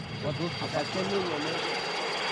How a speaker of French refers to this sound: Nous sommes sortis sur la place Jeannette Leroy de la gare et là le bruit des hélicoptères qui descendaient pour jeter des tracts. C'était des tracts russes et personne ne ramassait les tracts.